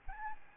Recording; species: mosquito wingbeat signal from an infrared sensor; Aedes albopictus